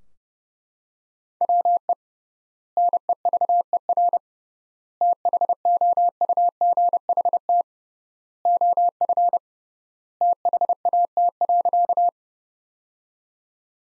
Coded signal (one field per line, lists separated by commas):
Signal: Morse code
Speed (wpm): 30 wpm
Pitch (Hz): 700 Hz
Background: none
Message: WE NEVER THOUGHT OF THAT.